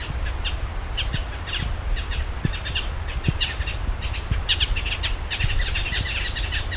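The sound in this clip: Bird chirps: brief, high notes scattered throughout, with a low background hum and a few soft thuds.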